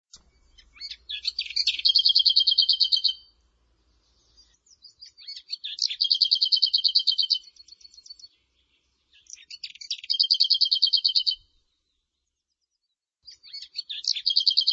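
Bird trilling: high, fast chattering trills about two seconds long, repeated roughly every four seconds, in a quiet background.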